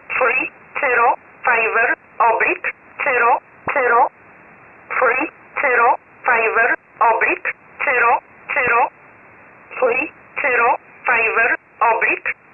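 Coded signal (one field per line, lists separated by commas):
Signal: numbers station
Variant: E11 Oblique, English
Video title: 04 06 2021 Number station E11 Oblique in English to Eu 1000 on 12153 unknown tx site in USB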